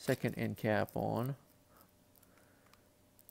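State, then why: Not seated. Someone talks while the second end cap is put on the end of a magnetically coupled rodless actuator tube, to be twisted so it locks in place. Faint handling noise follows, with a few small, quiet ticks near the end. Nothing has seated or clicked yet.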